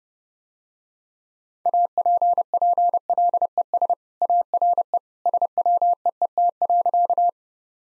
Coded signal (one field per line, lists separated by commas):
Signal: Morse code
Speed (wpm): 30 wpm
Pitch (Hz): 700 Hz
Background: none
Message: APPLES ARE SWEET.